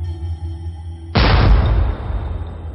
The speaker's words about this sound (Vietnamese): Nòng pháo lóe ánh lửa, quả đạn pháo đã đâm đốt vào thân tàu kia. Liền sau đó là nghe thấy tiếng những hạt nhỏ bên trong viên đạn mẹ va vào nhau, nổ bùng tung tóe.